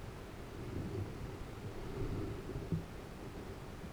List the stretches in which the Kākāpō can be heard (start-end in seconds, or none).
none